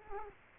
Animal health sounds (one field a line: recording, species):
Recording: mosquito wingbeat signal from an infrared sensor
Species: Culex quinquefasciatus